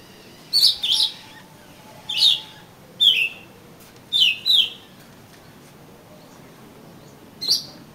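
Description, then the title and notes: Oriental magpie-robin song of sparse, clear whistled notes, single or paired downslurs, separated by pauses of up to a few seconds. "suara kacer. kumpulan suara burung kacer"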